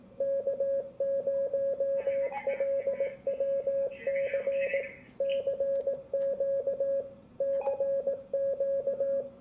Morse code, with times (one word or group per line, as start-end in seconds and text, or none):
0.2-4.8 K0LWC
5.2-7.0 CQ
7.4-9.2 CQ